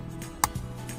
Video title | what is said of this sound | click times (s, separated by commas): Inmarsat IsatPhone 2 Vehicular Antenna Setup Instructions | this lever here click it into place as you can see it's very | 0.4 s